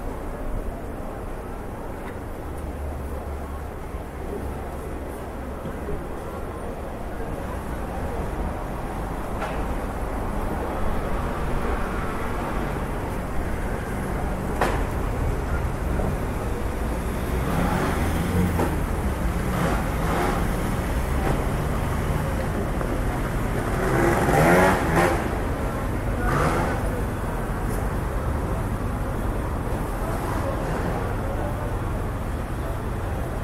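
City ambience with a steady wash of traffic rumbling throughout, low and dense, with passing vehicles swelling now and then. A louder burst of sound stands out around the 25-second mark, and scattered voices talking drift in and out over the traffic.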